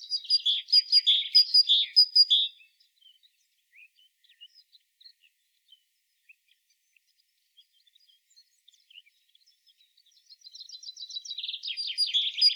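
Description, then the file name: Great tit calls, bursts of scratchy, buzzy chattering notes with thin high overtones, heard at the start and again near the end, separated by a long quiet gap. "Parus major"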